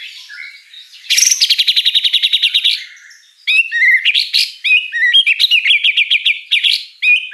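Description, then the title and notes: White-rumped shama song with a rapid buzzy trill of even pulses, a pause, then varied rising whistled notes repeated quickly. Lure song of a lively singing white-rumped shama with a rich, varied repertoire. "Pancingan Gacor Murai Batu Bongkar Isian Mewah. Audio Murai Batu Dongfeng"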